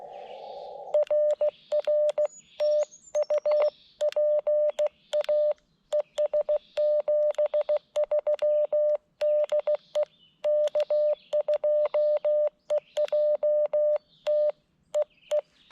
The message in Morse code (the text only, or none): RR TU PA ES 73 DE K2EJT EE